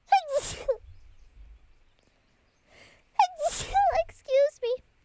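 Two sneezes from an adult woman, each a sharp noisy burst with a high-pitched voiced 'ah' before and after.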